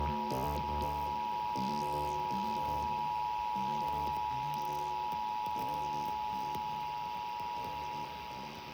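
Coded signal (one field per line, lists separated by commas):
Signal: Emergency Alert System (SAME) tones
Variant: 853 and 960 Hz attention tone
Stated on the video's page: EAS test signal heard during a synthesizer jam.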